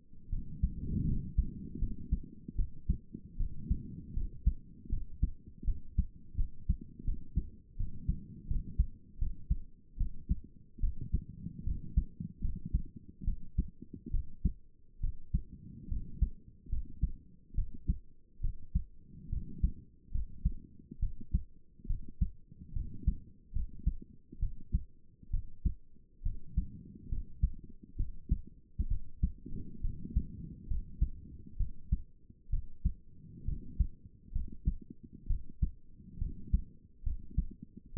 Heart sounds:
heart sounds by stethoscope; 72 bpm
0.29 s: heartbeat
1.05 s: heartbeat
1.78 s: heartbeat
2.55 s: heartbeat
3.36 s: heartbeat
4.13 s: heartbeat
4.89 s: heartbeat
5.64 s: heartbeat
6.35 s: heartbeat
7.04 s: heartbeat
7.76 s: heartbeat
8.47 s: heartbeat
9.18 s: heartbeat
9.97 s: heartbeat
10.80 s: heartbeat
11.63 s: heartbeat
12.41 s: heartbeat
13.24 s: heartbeat
14.10 s: heartbeat
15.00 s: heartbeat
15.88 s: heartbeat
16.69 s: heartbeat
17.54 s: heartbeat
18.40 s: heartbeat
19.29 s: heartbeat
20.11 s: heartbeat
20.99 s: heartbeat
21.86 s: heartbeat
22.73 s: heartbeat
23.52 s: heartbeat
24.39 s: heartbeat
25.30 s: heartbeat
26.22 s: heartbeat
27.08 s: heartbeat
27.96 s: heartbeat
28.87 s: heartbeat
29.81 s: heartbeat
30.67 s: heartbeat
31.56 s: heartbeat
32.49 s: heartbeat
33.44 s: heartbeat
34.32 s: heartbeat
35.26 s: heartbeat
36.18 s: heartbeat
37.03 s: heartbeat
37.93 s: heartbeat
From the record:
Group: healthy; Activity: rest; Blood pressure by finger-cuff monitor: 132/75 mmHg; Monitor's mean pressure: 93 mmHg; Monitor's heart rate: 69 bpm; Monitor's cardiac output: 6.4 L/min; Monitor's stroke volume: 89 mL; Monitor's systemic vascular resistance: 1030 dyn s/cm5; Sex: female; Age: 22 years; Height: 154 cm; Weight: 58.7 kg

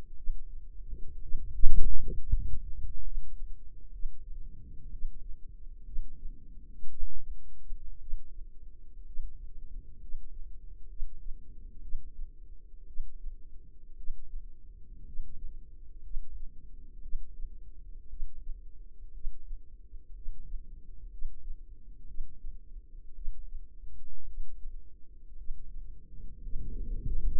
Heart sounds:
heart sounds by microphone in the left ear; 60 bpm
0.15 s: heartbeat
1.20 s: heartbeat
2.17 s: heartbeat
3.02 s: heartbeat
3.90 s: heartbeat
4.90 s: heartbeat
5.84 s: heartbeat
6.89 s: heartbeat
7.99 s: heartbeat
9.04 s: heartbeat
9.99 s: heartbeat
10.87 s: heartbeat
11.80 s: heartbeat
12.85 s: heartbeat
13.95 s: heartbeat
15.04 s: heartbeat
16.01 s: heartbeat
17.01 s: heartbeat
18.08 s: heartbeat
19.12 s: heartbeat
20.13 s: heartbeat
21.09 s: heartbeat
22.06 s: heartbeat
23.13 s: heartbeat
24.25 s: heartbeat
25.36 s: heartbeat
26.40 s: heartbeat
27.31 s: heartbeat
From the record:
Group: healthy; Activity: rest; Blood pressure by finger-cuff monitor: 88/60 mmHg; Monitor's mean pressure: 69 mmHg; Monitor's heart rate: 59 bpm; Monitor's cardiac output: 4.3 L/min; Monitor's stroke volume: 73 mL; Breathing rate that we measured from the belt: 11 breaths a minute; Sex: female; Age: 36 years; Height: 163 cm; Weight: 88 kg

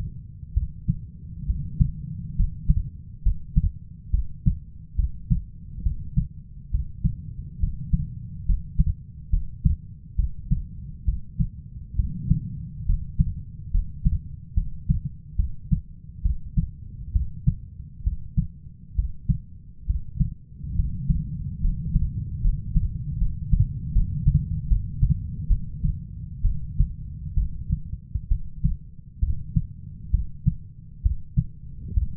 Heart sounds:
heart sounds by stethoscope; 69 bpm
0.54 s: heartbeat
1.46 s: heartbeat
2.36 s: heartbeat
3.23 s: heartbeat
4.11 s: heartbeat
4.96 s: heartbeat
5.83 s: heartbeat
6.71 s: heartbeat
7.60 s: heartbeat
8.46 s: heartbeat
9.30 s: heartbeat
10.16 s: heartbeat
11.05 s: heartbeat
11.96 s: heartbeat
12.86 s: heartbeat
13.71 s: heartbeat
14.54 s: heartbeat
15.36 s: heartbeat
16.22 s: heartbeat
17.12 s: heartbeat
18.03 s: heartbeat
18.95 s: heartbeat
19.86 s: heartbeat
20.75 s: heartbeat
21.61 s: heartbeat
22.41 s: heartbeat
23.18 s: heartbeat
23.92 s: heartbeat
24.67 s: heartbeat
25.47 s: heartbeat
26.42 s: heartbeat
27.34 s: heartbeat
28.28 s: heartbeat
29.20 s: heartbeat
30.11 s: heartbeat
31.02 s: heartbeat
31.94 s: heartbeat
From the record:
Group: healthy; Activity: rest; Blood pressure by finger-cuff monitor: 133/61 mmHg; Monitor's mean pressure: 83 mmHg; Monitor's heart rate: 67 bpm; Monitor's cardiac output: 6.5 L/min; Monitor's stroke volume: 95 mL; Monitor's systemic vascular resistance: 920 dyn s/cm5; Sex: female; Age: 37 years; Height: 168 cm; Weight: 70 kg

